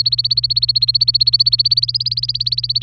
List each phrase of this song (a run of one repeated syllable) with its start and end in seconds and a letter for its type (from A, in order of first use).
0.00-2.83 A